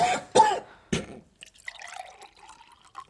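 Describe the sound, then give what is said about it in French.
A man chokes on a rabbit bone, letting out three harsh, choking coughs in quick succession, followed by a soft, uneven trickle and dribble of liquid for the rest of the moment. “J'avale un os. Il faut le taper dans le dos bien fort.”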